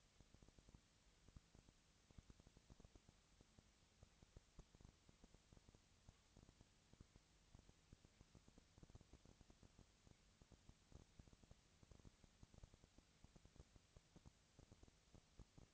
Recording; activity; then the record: daily activity, microphone in the room; no activity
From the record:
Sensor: 3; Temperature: 20.4 degrees Celsius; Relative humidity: 34.4%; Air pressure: 997.0 hPa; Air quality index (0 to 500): 205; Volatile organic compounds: 68 ppm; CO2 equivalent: 3498 ppm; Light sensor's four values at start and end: 2/3/2/2 and 2/3/2/2